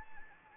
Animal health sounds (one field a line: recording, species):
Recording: mosquito wingbeat signal from an infrared sensor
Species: Anopheles gambiae